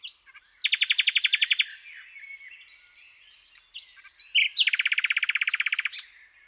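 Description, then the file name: Common nightingale delivering two long, rapid rattling trills of evenly repeated notes separated by softer varied twittering. "Luscinia megarhynchos"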